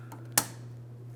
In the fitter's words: And then we need to make sure we lock it in.